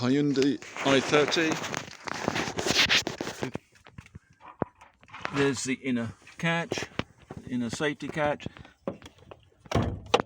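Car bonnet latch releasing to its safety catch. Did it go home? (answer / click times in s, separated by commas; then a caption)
released / 10.1 s. On a Hyundai i30, the interior bonnet release lever is pulled and the bonnet latch pops to its first safety catch, with a sharp click at 10.1 s. Someone talks through most of the clip, and the bonnet is released to the first safety catch.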